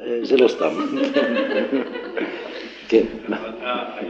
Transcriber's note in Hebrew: צחוק